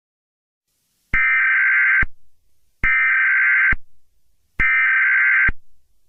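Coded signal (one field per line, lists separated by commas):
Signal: Emergency Alert System (SAME) tones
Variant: header bursts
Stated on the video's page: Fictional scenario containing both valid and invalid EAS tones, with distorted effects.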